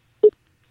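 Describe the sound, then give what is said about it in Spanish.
A single short telephone dialing beep as a phone call is placed, a clean mid-pitched electronic tone that sounds once and cuts off, followed by silence. “Que te llamo por teléfono.”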